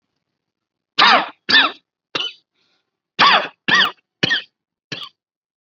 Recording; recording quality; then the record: shallow voluntary cough; excellent, no background noise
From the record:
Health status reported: COVID-19 positive, moderate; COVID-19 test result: positive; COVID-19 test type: RT-PCR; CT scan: not taken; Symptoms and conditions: cough, fever, fatigue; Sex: male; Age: 46 years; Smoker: no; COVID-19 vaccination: both doses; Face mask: worn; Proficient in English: yes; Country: India